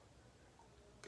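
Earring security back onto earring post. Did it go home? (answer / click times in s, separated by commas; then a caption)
yes / 1.0 s. A security back is pushed onto an earring post, with a low, quiet rustle before it. A single sharp snap at 1.0 s marks the back catching and seating on the post.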